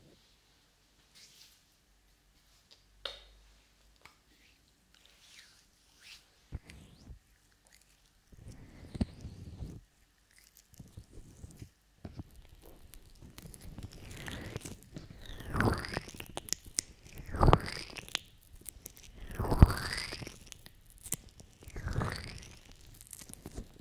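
Close, wet ear massage with lotion: a quiet start of scattered small clicks and taps, then dense squishing, rubbing and crinkling from about twelve seconds on. Loud cupping swooshes sweep in several times near the end, sounding very near.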